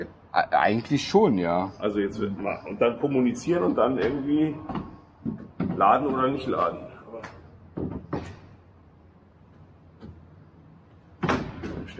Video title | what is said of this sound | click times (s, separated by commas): Ladeabbruch & Verbrauch - Warum lädt der MG nicht mehr? - E-Auto ohne Wallbox - EVlog 3.2 | Stecker ist nicht verriegelt. | none